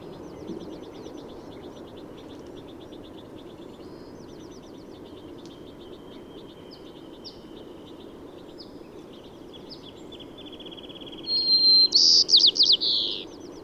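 White-crowned sparrow song near the end, with a whistled start and a buzzy trill, after a long stretch of faint trilled songs and soft background hiss.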